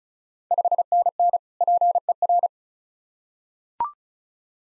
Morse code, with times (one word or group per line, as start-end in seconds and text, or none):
0.5-1.4 5NN
1.6-2.5 PER